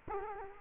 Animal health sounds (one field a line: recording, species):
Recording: mosquito wingbeat signal from an infrared sensor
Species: Culex quinquefasciatus